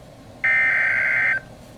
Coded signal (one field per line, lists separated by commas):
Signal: Emergency Alert System (SAME) tones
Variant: header bursts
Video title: [EAS #187] Severe Thunderstorm Watch